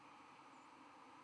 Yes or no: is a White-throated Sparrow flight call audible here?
no